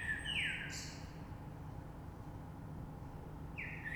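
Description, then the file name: Common blackbird giving a short fluty phrase that breaks into a high squeaky ending, then a pause and the start of another, over low rumbling noise. Recorded 3 March 2020. "Rush Merle"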